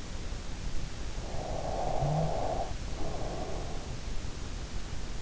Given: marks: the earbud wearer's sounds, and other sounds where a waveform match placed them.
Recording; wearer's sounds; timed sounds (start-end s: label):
sounds in sleep by an in-ear microphone; snoring breath
1.10-3.78 s: snoring breath